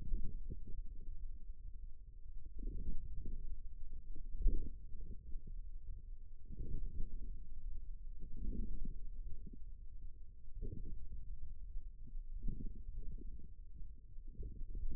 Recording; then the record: forearm muscle sounds (acoustic myography)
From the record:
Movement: outward rotation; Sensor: system 2, bracelet of six BSWA MPA416 microphones around the upper forearm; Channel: 3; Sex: male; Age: 22 years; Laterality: right